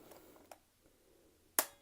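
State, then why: Seated. A small plastic safety lever on a Nerf Rival Kronos toy foam-ball blaster is flipped, with faint ticks near 0.1 and 0.5 s as it flexes a little. It then clicks into place with one sharp, loud snap at 1.6 s that quickly dies away, and the lever is seated.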